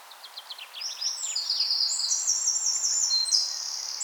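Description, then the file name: Eurasian wren song: faint ticking notes build into a loud, high, fast trilling run that continues to the end, with the low range filtered silent. "Troglodytes troglodytes"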